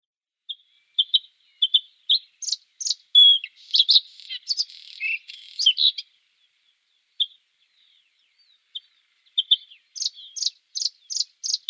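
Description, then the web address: Bluethroat song with varied phrases: single ticks, sharp rising notes, a dense scratchy buzz and twangy sounds, pauses, then a fresh string of bright repeated notes. "Schulze Peter Bluethroat song"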